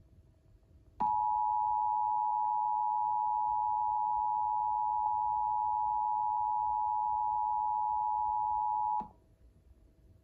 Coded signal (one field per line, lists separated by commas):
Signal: Emergency Alert System (SAME) tones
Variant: 853 and 960 Hz attention tone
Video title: Texas Required Monthly Tests for September on KDFW-TV and KDAF-TV (EAS #223-224)